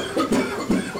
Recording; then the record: coughing mixed with background sound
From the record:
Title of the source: Residual Phlegmy Morning Coughing and Gagging